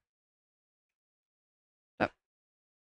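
A plastic LEGO piece is pressed onto a LEGO model and at first resists. After near silence, a single short, sharp click sounds at 2.0 s as the piece clicks into place and seats.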